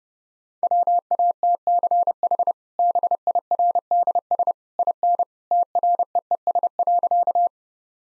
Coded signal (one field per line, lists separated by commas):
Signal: Morse code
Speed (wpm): 30 wpm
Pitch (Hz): 700 Hz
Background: none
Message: WATCH BIRDS IN TREES.